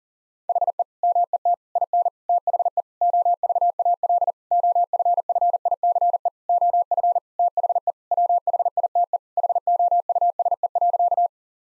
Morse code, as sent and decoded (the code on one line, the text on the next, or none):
.... . / -- . - / .. -. / - .... . / --- ...- .- .-.. / --- ..-. ..-. .. -.-. . / --- ..-. / - .... . / .-- .... .. - . / .... --- ..- ... . .-.-.-
HE MET IN THE OVAL OFFICE OF THE WHITE HOUSE.